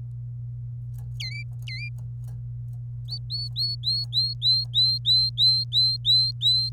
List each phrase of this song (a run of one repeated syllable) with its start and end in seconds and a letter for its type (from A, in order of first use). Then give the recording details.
1.19-1.89 A, 3.09-6.70 B. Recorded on 27 April 2018 at 07:18. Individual llb3